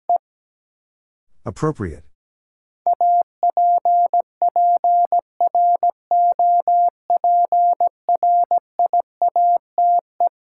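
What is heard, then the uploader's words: Morse code tapped out as a steady, mid-pitched tone switching on and off in short dots and longer dashes. A single brief beep opens, then a short rustling burst near the second-second, and from about three seconds the keyed tone runs continuously to the end. Sentences from Top 900 Words - New Word Drill - 17wpm. First, the word is sent in Morse code.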